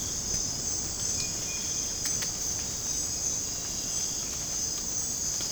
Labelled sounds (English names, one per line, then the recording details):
none
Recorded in dense forest near Puerto Asís, Putumayo, Colombia, on 30 June 2025 at 04:00
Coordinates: 0.486, -76.317
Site G065